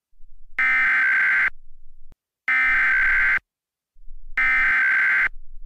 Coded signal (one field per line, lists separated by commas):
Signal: Emergency Alert System (SAME) tones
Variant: header bursts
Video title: EAS Scenario #2 Contaminated Soda to a Nuclear Disaster